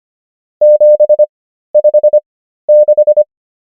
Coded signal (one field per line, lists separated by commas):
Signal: Morse code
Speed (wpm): 25 wpm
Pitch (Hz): 600 Hz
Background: none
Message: 756